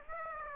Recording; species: mosquito wingbeat signal from an infrared sensor; Aedes aegypti